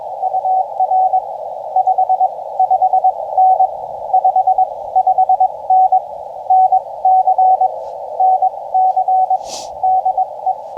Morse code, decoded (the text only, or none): UR 55N 55N NC NC DE